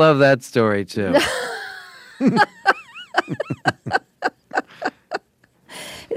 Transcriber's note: laughter